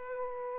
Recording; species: mosquito wingbeat signal from an infrared sensor; Aedes aegypti